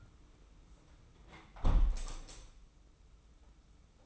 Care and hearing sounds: daily activity, microphone in the room; close window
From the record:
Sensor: 1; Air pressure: 991.3 hPa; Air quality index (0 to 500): 118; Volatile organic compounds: 186 ppm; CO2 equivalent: 4166 ppm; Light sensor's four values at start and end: 38/118/47/48 and 38/118/47/48

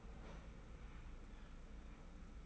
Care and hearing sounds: daily activity, microphone in the room; open fridge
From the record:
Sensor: 1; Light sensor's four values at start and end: 19/45/19/20 and 19/45/19/20

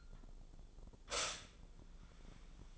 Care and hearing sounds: daily activity, microphone in the room; stop toaster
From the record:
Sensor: 5

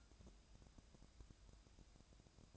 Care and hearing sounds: daily activity, microphone in the room; take from stove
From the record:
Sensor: 2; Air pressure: 999.8 hPa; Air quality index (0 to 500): 122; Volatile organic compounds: 2 ppm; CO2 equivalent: 1050 ppm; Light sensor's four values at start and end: 34/83/36/40 and 34/83/36/40

